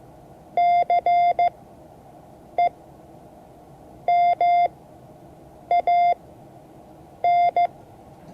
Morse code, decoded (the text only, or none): CEMAN